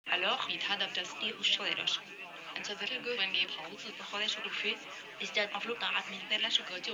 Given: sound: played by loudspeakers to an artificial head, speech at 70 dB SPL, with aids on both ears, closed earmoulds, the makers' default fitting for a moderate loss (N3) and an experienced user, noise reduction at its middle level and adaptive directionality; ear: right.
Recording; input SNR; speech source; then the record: speech test signal (ISTS) in cocktail-party noise; +6 dB; in front (0 degrees)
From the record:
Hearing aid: class 1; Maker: G